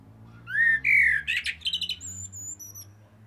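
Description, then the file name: Common blackbird singing rising fluty whistles that break into a scratchy twittering flourish, ending in thin high squeaks, over a low steady hum. "Turdus merula"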